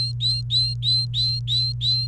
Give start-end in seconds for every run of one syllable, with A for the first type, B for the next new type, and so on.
0.00-2.07 A